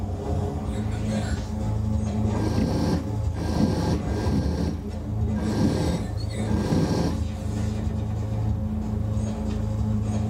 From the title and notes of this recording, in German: Force Feedback per Shaker Motor - angesteuert vom LedWiz über eine Dual-H-Bridge. Shaker Motor und Replay-Knocker Force Feedback.